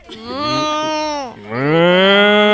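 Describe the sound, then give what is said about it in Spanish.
A voice imitates a cow with two long, loud moos: the first slides downward and fades, the second swells back up and holds steady, with no talking alongside. “Hizo como una vaca.”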